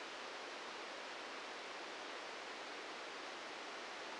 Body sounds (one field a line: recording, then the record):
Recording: brain microelectrode recording played as sound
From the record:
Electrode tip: outside the subthalamic nucleus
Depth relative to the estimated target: 1 mm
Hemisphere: right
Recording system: NeuroSet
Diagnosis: Parkinson's disease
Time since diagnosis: 13 years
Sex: male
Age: 65 years